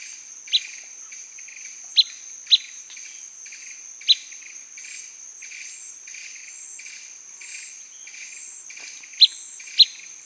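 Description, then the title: Blackish pewee giving short, sharp pip notes at irregular intervals, six in all, over a steady high insect trill. Subspecies canescens, assigned from the recording location. "LuckyPassaro Completos2Sama. Blackish Pewee (Contopus nigrescens canescens (ssp assumed from location))"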